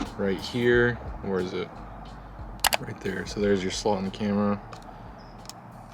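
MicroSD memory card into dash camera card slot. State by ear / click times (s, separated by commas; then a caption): seated / 5.5 s. A microSD memory card is gently pushed into the card slot of a CHORTAU 3-inch 1080P FHD car dash camera while someone talks. A sharp transient comes at about 2.7 s, and the card latches with a small click at 5.5 s, seated in the slot.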